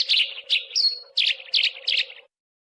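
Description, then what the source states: Bird giving six rapid chirpy bursts about every third of a second, one a thin whistle, over a faint low hum. Training birdsong ('masteran') used to teach songbirds.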